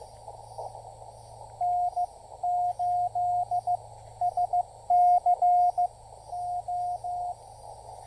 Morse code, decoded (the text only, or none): N8SCO